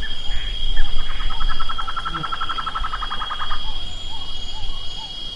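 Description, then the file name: Bird giving a rapid, evenly pulsed trill held steady for over two seconds, with a few faint short notes before and after against a constant background hum. "SABIOD 50 bird 2015"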